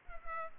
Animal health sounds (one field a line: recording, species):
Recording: mosquito wingbeat signal from an infrared sensor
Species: Culex pipiens